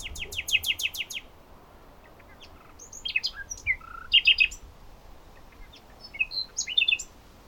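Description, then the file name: Common nightingale song: a row of loud, sharp, rapidly repeated clicking notes, then varied chirps and warbled fragments across several seconds. "Luscinia megarhynchos"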